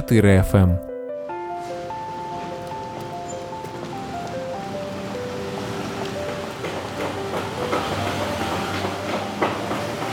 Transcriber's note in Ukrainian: Звук автомобілів. Легкий шум вітру, що колихає захисну сітку. Чути, як працюють комунальники